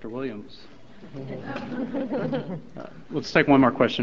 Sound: laughter